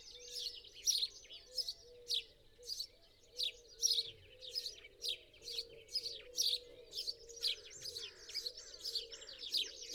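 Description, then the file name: House sparrow chirping, quieter chirps about twice a second over a busier background of low wavering tones and rumbling noise. "Passer domesticus"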